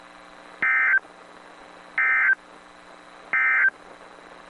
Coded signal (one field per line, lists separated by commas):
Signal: Emergency Alert System (SAME) tones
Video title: EAS 2061-2069 (9/21-9/28/22)